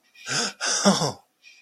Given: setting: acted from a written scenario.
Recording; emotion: vocal sound without words; positive surprise